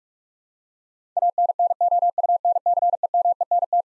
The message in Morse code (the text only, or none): ANNOUNCEMENT